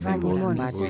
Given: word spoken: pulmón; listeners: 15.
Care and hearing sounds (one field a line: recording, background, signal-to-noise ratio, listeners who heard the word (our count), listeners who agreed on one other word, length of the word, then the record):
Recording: one Spanish word in noise, from a listening test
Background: four-talker babble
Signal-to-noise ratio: -0.2 dB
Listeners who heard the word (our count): 0 of 15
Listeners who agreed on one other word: 6 of 15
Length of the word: 0.50 s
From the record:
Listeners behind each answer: 6, 3, 1, 1, 1, 1, 1, 1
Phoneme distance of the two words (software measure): 47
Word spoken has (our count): 2 syllables, 6 phonemes, stress on syllable 2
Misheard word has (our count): 2 syllables, 5 phonemes, stress on syllable 1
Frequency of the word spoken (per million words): 8.01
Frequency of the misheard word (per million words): 10.56